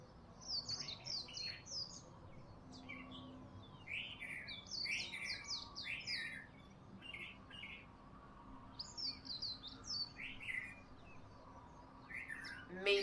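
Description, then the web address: Bird twittering: continuous high, quick chirps and sweeping notes in repeated bursts over steady background hiss. Recorded in Honolulu in the morning. "lynne-publishing Honolulu Morning Bird"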